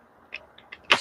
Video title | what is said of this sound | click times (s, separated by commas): New World Carpentry is live! Kreg edge build challenge custom bedroom set | Spin it till it clicks into place. | 0.9 s